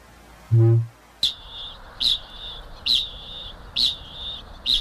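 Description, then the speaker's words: Kakapo boom and chings: one deep resonant boom, then a series of sharp, metallic, high-pitched 'ching' notes. Male booming, then adding chings; according to scientists the booms say 'Hey girl' and the chings say 'I'm over here'. "The booming of a male kakapo, profoundly sensual on its own, but then the male starts throwing in some chings."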